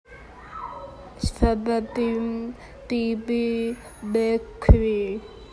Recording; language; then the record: elicited speech; Bengali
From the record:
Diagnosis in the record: Broca's or global aphasia after a stroke